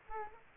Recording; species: mosquito wingbeat signal from an infrared sensor; Aedes aegypti